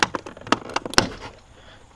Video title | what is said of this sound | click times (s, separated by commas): Eliminate Blindspots FOREVER with THIS Simple Mirror Adjustment! | round spots where it's clicked into so you'll hear them pop from the outside | 0.0 s, 0.5 s, 1.0 s